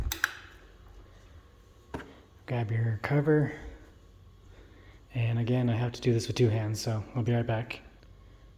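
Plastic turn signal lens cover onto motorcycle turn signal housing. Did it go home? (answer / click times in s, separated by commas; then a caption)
no / none. A smoked plastic turn signal lens cover is picked up by hand to be pressed onto the turn signal housing of a Harley 48 motorcycle, a job that takes both hands. Short handling knocks come near 0.1, 0.2 and 1.9 seconds while someone talks. Nothing has seated or clicked yet; the cover is not yet snapped into place.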